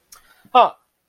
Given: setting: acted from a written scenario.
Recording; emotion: vocal sound without words; realization